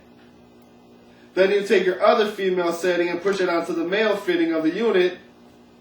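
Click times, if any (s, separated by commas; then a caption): none. A man talks from about 1.4 to 5.2 seconds while the female quick-connect coupling of an air hose is handled toward the male fitting on the air unit of a geri chair. Nothing has clicked or seated yet; the coupling is not locked onto the fitting when the clip ends.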